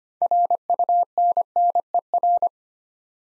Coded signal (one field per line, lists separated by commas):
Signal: Morse code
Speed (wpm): 25 wpm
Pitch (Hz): 700 Hz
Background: none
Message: RUNNER